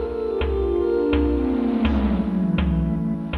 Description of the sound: Heart rate controls the tempo temperature determines the notes, and skin sweat drives the melody. Biomusic is being looked at as a way for nonverbal autistic children to express themselves. Here's an anxious one.